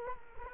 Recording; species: mosquito wingbeat signal from an infrared sensor; Culex quinquefasciatus